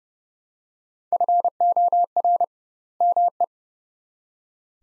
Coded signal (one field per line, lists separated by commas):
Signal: Morse code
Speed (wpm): 30 wpm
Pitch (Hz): 700 Hz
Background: none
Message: FOR ME